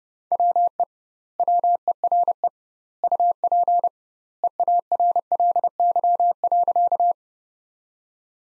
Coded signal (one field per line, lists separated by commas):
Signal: Morse code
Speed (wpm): 30 wpm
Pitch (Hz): 700 Hz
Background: none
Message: WE WERE UP EARLY.